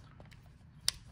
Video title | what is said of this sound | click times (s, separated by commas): Honda Odyssey keyless remote battery replacement | put it back together and just press on it a little bit until you hear a clicking noise just like that | 0.9 s